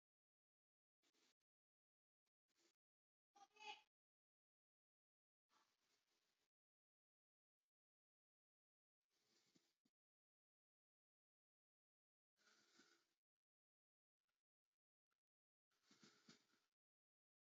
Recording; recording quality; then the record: deep breathing; moderate, slight background noise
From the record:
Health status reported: healthy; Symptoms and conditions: none ticked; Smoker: not ticked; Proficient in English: yes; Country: India